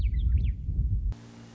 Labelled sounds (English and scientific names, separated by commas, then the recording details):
Western Meadowlark (Sturnella neglecta)
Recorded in Sonoma County, California